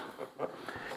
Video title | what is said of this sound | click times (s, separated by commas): Feinwerkbau 300 S .177 revisited review | Clicks into place nicely. | 0.7 s